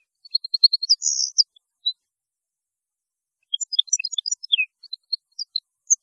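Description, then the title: European goldfinch song, a quick run of high chips and a buzzy note, then a pause and a jumbled cascade of bright tinkling notes. "Chant Chardonneret"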